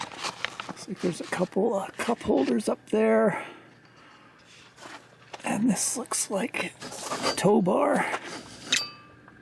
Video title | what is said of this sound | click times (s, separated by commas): BougeRV Electric Folding Utility Wagon - Demos & Initial Review | Clicks in place right there | 8.7 s